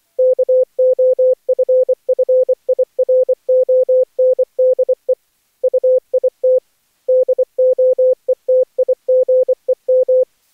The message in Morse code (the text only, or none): KOFFIRONDE UIT DOETIGEM